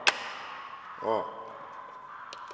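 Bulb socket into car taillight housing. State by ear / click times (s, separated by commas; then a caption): seated / 0.1 s. A plastic tail lamp bulb holder on a 2014–2017 Sandero is turned into the car's taillight housing and locks in with a crisp click at 0.1 s. Someone then talks, and the socket is seated and locked.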